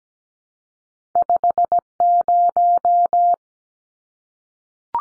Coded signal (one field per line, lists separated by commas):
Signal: Morse code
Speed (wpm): 17 wpm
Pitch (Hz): 700 Hz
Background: none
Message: 50